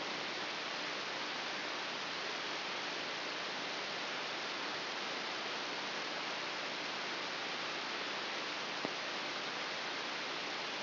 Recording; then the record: brain microelectrode recording played as sound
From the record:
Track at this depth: inside the subthalamic nucleus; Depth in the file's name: 3.898 mm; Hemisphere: left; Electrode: 3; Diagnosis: Parkinson's disease